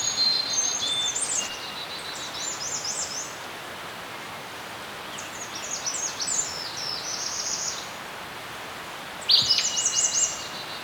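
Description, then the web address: Birds chirping in quick high twittering bursts, with several separate flurries of thin rapid notes over a steady soft hiss. Birds chirping in a serene forest. "Dr Sound Effects. Birds Chirping In a Serene Forest"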